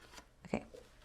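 A second plastic watercolor half-pan pops up and releases out of its slot in a metal palette tin of FineTec pearlescent watercolors. Two quick hits are heard at 0.5 s and 0.5 s, the second louder, and the pan is released from its slot.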